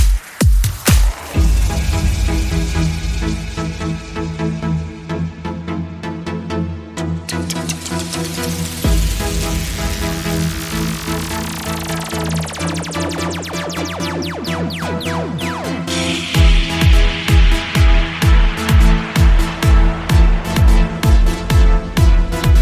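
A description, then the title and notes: Impact sound effects: a heavy hit at the start opens onto dense, sustained low tones with a steady ticking pulse. A bright rising swell builds from about seven to sixteen seconds, then hard, booming thumps repeat at a fast, regular beat until the end. Impact sound effects.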